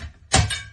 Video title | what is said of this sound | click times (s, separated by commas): How to Install a 5FT Aluminum Deck Gate - Easy DIY + Smooth Self-Closing | You can hear them snap in there just like that. | 0.3 s